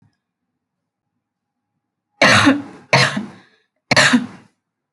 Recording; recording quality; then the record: heavy voluntary cough; excellent, no background noise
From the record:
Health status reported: healthy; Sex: female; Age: 23 years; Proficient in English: yes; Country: India